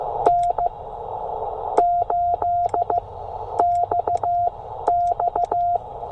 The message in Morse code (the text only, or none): N8XX